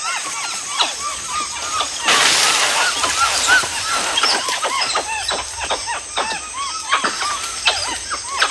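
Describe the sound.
Tufted capuchin calls, repeated arched squeaky whistles, a brief rush of noise early on, and a persistent insect whine.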